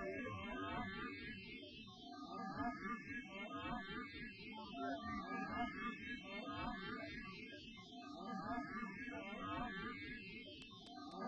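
A theatre audience laughs together, many voices overlapping into a thick, continuous roar of giggles and rising whoops. The laughter stays steady and dense for the whole stretch, swelling slightly midway, with a few sharp clicks near the end.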